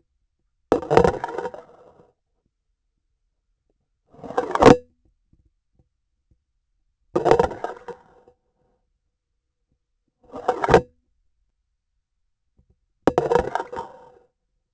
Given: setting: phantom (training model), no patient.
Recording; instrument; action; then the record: laparoscopic instrument, vibration sensor on the handle end; grasping forceps; insertion and removal through the trocar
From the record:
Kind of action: spatial motion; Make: Olympus